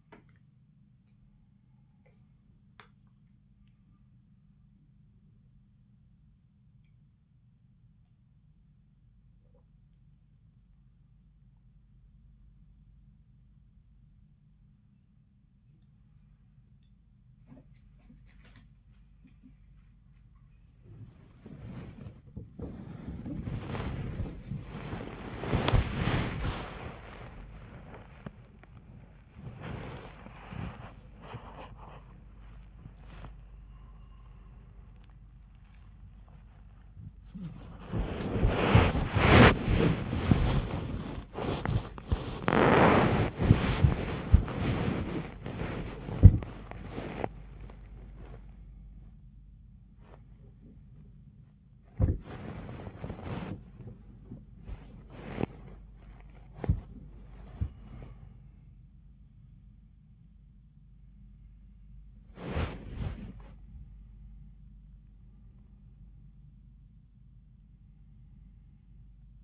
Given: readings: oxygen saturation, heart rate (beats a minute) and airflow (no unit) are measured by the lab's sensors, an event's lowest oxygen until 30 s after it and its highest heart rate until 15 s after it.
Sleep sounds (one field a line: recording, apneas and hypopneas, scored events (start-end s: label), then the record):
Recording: a person awake in a sleep study, by a smartphone at the bedside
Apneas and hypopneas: none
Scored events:
0.00-69.44 s: awake
From the record:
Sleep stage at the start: awake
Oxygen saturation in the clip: 95 to 97%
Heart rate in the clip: 51 to 120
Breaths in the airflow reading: 13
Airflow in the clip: -21.0 to 21.3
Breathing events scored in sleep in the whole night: 400 in 8.7 hours asleep